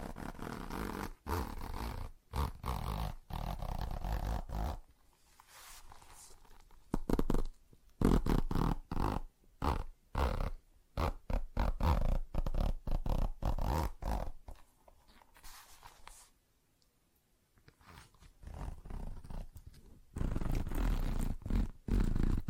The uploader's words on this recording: ASMR Tapping, Scratching & Zipper Sounds (No Talking).